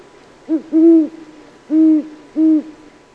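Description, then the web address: Great horned owl calling with a short low hoot, then a long hoot and two more steady hoots. "Peterson North American Birds iso sound ghow"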